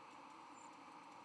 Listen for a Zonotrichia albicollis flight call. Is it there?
yes